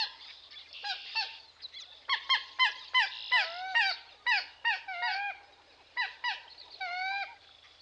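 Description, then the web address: Common moorhen calls, a busy run of harsh, honking notes with bent, downslurred tones, several overlapping in quick, uneven bursts. "Dan Gibson Wildlife Identification By Sound, Eastern North America Pt 1. Common Moorhen"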